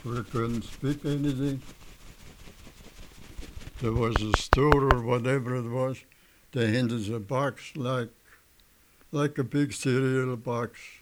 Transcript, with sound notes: We couldn't speak anything.. [He taps on his microphone] There was a store, or whatever it was, they handed us a box, like a big cereal box,